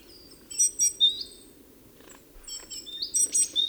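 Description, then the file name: Great tit calls: short high thin notes in two loud bursts of three, with faint softer chips between and a low steady hum underneath. "Parus major"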